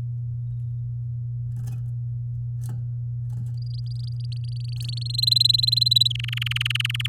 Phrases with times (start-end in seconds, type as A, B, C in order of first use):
3.57-5.08 A, 5.09-6.08 B, 6.10-7.07 C